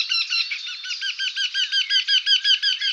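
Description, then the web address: Eurasian wryneck call, a steady series of many nasal, ringing notes, evenly repeated several times a second and holding a fairly level pitch. "Jynx torquilla"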